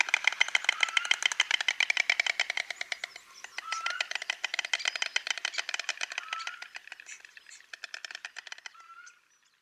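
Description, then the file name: White stork clattering its bill in fast, dry, wooden rattling bursts that fade and resume in waves for nearly ten seconds. "Bocian bialy"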